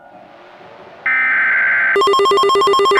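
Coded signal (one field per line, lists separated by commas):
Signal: Emergency Alert System (SAME) tones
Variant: header bursts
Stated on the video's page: Recreation of a fictional EAS scenario for an EF6 tornado, redone from another creator's original.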